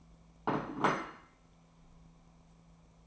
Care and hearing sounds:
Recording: daily activity, microphone in the room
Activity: place plate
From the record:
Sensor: 1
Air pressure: 1000.3 hPa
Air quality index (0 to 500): 144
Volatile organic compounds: 3 ppm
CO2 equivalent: 1353 ppm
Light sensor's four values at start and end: 30/74/32/38 and 30/75/32/38

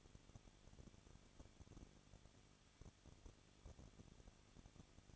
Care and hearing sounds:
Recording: daily activity, microphone in the room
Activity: no activity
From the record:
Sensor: 4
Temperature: 23.1 degrees Celsius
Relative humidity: 34.3%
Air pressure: 1007.2 hPa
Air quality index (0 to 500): 216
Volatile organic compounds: 15 ppm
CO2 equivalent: 2499 ppm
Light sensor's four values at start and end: 2/3/1/1 and 2/3/1/1

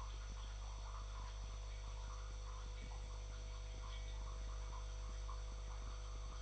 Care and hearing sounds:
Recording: daily activity, microphone in the room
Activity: make coffee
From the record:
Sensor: 5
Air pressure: 995.3 hPa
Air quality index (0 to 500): 96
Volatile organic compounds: 5 ppm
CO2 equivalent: 1819 ppm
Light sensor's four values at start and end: 26/62/25/25 and 25/62/25/25

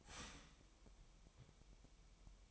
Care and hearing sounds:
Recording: daily activity, microphone in the room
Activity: start toaster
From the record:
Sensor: 1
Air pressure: 1002.0 hPa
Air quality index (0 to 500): 241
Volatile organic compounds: 45 ppm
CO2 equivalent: 3232 ppm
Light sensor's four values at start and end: 10/34/12/14 and 10/34/12/14

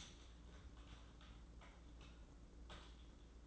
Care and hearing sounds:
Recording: daily activity, microphone in the room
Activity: typing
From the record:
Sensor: 3

